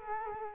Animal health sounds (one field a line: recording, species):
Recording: mosquito wingbeat signal from an infrared sensor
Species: Culex quinquefasciatus